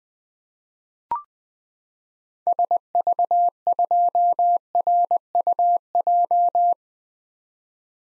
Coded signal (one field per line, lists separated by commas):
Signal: Morse code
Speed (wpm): 20 wpm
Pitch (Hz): 700 Hz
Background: none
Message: SV2RUJ